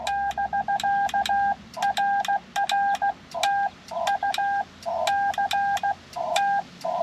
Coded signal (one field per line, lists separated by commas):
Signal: Morse code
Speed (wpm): 15 wpm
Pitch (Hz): 800 Hz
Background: none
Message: <BK> RR TU CT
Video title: CW POTA in MinneSOTA!!!